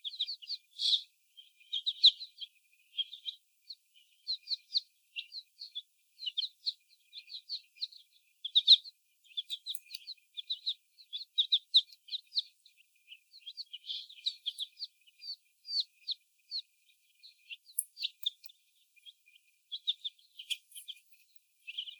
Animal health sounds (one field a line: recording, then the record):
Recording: young laying hens in a cage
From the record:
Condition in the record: before the stressor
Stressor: sudden umbrella opening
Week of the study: 1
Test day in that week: 1